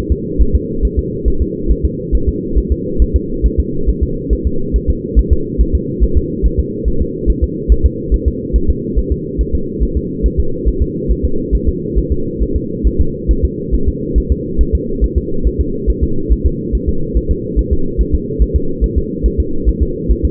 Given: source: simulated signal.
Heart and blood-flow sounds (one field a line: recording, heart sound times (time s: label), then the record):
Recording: fetal heart sounds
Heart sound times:
0.12 s: S2
0.42 s: S1
0.55 s: S2
0.85 s: S1
0.99 s: S2
1.28 s: S1
1.42 s: S2
1.71 s: S1
1.85 s: S2
2.15 s: S1
2.29 s: S2
2.58 s: S1
2.72 s: S2
3.02 s: S1
3.16 s: S2
3.46 s: S1
3.59 s: S2
3.89 s: S1
4.03 s: S2
4.33 s: S1
4.47 s: S2
4.76 s: S1
4.90 s: S2
5.19 s: S1
5.33 s: S2
5.61 s: S1
5.75 s: S2
6.04 s: S1
6.17 s: S2
6.46 s: S1
6.59 s: S2
6.88 s: S1
7.02 s: S2
7.30 s: S1
7.44 s: S2
7.72 s: S1
7.86 s: S2
8.14 s: S1
8.28 s: S2
8.56 s: S1
8.70 s: S2
8.99 s: S1
9.12 s: S2
9.41 s: S1
9.55 s: S2
9.83 s: S1
9.97 s: S2
10.26 s: S1
10.40 s: S2
10.69 s: S1
10.82 s: S2
11.11 s: S1
11.25 s: S2
11.55 s: S1
11.69 s: S2
11.99 s: S1
12.12 s: S2
12.43 s: S1
12.56 s: S2
12.87 s: S1
13.00 s: S2
13.31 s: S1
13.45 s: S2
13.75 s: S1
13.88 s: S2
14.18 s: S1
14.32 s: S2
14.61 s: S1
14.75 s: S2
15.04 s: S1
15.18 s: S2
15.47 s: S1
15.60 s: S2
15.90 s: S1
16.03 s: S2
16.33 s: S1
16.46 s: S2
16.75 s: S1
16.89 s: S2
17.17 s: S1
17.31 s: S2
17.59 s: S1
17.73 s: S2
18.01 s: S1
18.15 s: S2
18.42 s: S1
18.56 s: S2
18.84 s: S1
18.98 s: S2
19.26 s: S1
19.40 s: S2
19.69 s: S1
19.82 s: S2
20.11 s: S1
20.25 s: S2
From the record:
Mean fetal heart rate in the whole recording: 140 bpm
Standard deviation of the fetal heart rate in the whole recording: 2 bpm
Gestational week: 34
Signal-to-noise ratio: -8.1 dB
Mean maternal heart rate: 72 bpm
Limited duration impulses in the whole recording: absent